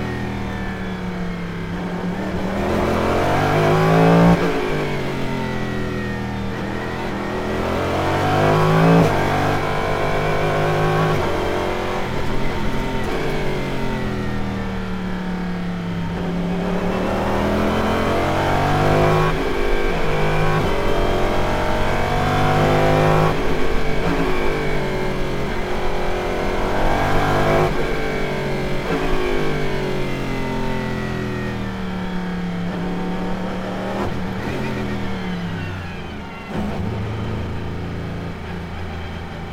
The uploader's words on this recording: Cadillac DPi-V.R In-Car Audio, Mid-Ohio. At the Mid-Ohio Sports Car course inside their 5.5-liter V8-powered Wayne Taylor Racing Cadillac DPi-V.R from the 2018 IMSA WeatherTech SportsCar Championship event.